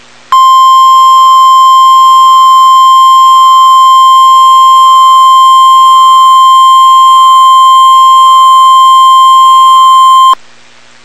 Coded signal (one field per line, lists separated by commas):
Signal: Emergency Alert System (SAME) tones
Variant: 1050 Hz attention tone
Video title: Severe T'Storm Warning (EAS #361)